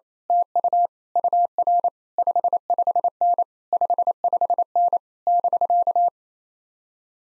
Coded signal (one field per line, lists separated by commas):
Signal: Morse code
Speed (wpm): 27 wpm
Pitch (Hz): 700 Hz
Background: none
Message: TU UR 55N 55N <BK>